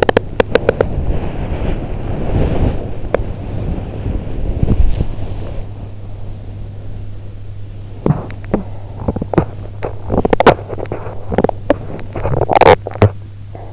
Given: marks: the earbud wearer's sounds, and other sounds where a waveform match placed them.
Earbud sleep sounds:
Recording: sounds in sleep by an in-ear microphone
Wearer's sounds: body movement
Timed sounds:
0.00-13.73 s: body movement

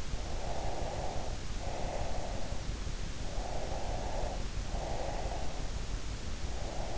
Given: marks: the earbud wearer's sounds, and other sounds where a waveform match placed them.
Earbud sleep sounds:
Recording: sounds in sleep by an in-ear microphone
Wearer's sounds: breath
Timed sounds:
0.17-2.57 s: breath
3.36-5.85 s: breath
6.64-6.98 s: breath

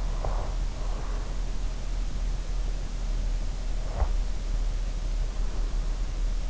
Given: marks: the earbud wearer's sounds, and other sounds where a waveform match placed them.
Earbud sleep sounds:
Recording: sounds in sleep by an in-ear microphone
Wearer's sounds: breath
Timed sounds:
0.00-1.38 s: breath
3.76-4.35 s: breath

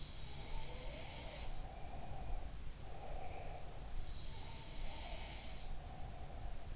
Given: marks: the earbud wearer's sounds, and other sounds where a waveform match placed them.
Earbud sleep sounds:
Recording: sounds in sleep by an in-ear microphone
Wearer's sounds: breath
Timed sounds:
0.00-6.76 s: sound from someone else or the room
1.63-4.29 s: breath
4.80-6.76 s: breath

